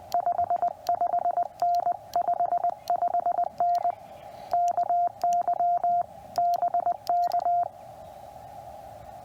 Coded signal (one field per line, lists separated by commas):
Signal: Morse code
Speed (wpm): 20 wpm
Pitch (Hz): 700 Hz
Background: radio noise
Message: 55N 55N KY BK